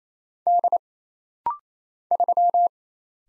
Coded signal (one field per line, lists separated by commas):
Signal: Morse code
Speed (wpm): 27 wpm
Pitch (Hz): 700 Hz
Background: none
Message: D 3